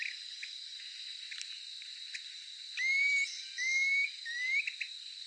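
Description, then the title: Planalto tyrannulet giving three drawn-out whistles, each sliding upward, against a constant high drone. "LuckyPassaro Completos2Sama. Planalto Tyrannulet (Phyllomyias fasciatus)"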